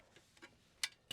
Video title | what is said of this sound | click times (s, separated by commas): Motorhome Tour: Giottiline GiottiVan 60T – Is This The BEST BUDGET Campervan of 2025? | Locks into place. | 0.8 s